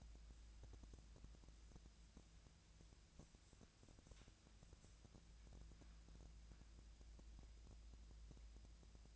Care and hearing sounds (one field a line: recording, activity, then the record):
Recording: daily activity, microphone in the room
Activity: wipe stove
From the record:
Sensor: 2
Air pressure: 1000.3 hPa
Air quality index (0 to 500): 161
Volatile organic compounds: 3 ppm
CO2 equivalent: 1335 ppm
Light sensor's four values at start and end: 10/25/11/11 and 10/25/11/11